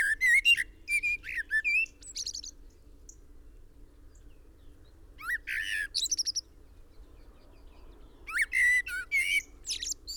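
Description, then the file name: Common blackbird song: loud bursts of rapid squeaky, twittering notes and slurred whistles, with several seconds of near silence between them. "Turdus merula"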